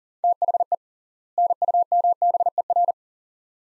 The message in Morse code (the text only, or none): THE NUMBER